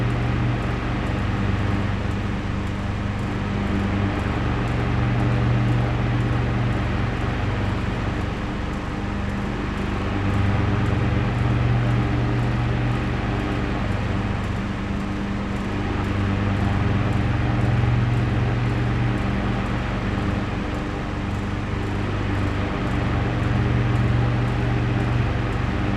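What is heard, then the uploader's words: An antique fan hums steadily with a deep, low drone that swells and eases every few seconds, soft whirring above it. Grandpa's Old Fan. The gentle, oscillating hum of an antique fan. The blades circulate gently through the air.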